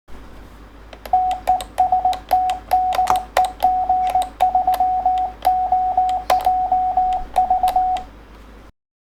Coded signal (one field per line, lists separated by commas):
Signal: Morse code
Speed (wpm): 18 wpm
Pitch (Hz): 740 Hz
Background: radio noise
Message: TEST DE G3OJV